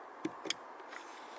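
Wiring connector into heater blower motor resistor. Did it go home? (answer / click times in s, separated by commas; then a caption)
yes / 0.5 s. A keyed plastic wiring connector, which only fits one way, is pushed onto the new heater blower motor resistor in a 2014 Fiesta. A soft tap at 0.3 s and a faint one near 1.0 s surround a sharp, bright click at 0.5 s. The plug is seated and locked in.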